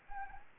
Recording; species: mosquito wingbeat signal from an infrared sensor; Anopheles arabiensis